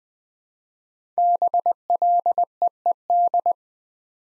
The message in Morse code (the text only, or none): BLEED